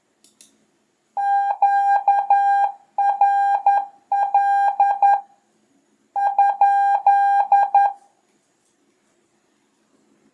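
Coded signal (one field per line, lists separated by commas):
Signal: Morse code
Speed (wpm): 10 wpm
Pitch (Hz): 800 Hz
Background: none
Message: QRL ?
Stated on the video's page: Beginner CW lesson showing a typical QSO with Q code and abbreviations.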